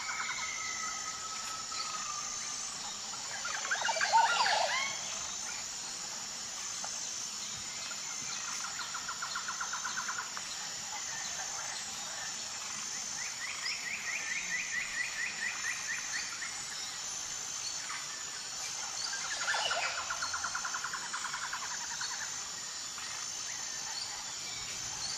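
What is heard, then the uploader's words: A jungle chorus of birds with a steady high insect hum, sharp calls around four and twenty seconds, and trilling songs between. Tropical jungles are teeming with life. Birds sing in harmonious chorus, leaves sway gently in the breeze, and hidden critters add their own unique melodies.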